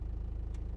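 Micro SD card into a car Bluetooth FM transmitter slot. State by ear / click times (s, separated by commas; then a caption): not seated / none. A micro SD card is handled upside down at the card slot of a T10 Bluetooth car FM transmitter, with a steady low engine-like hum running throughout and two brief soft hissy bursts near 0.5 s and at the end. Nothing has seated or clicked yet; the card is not home in the slot.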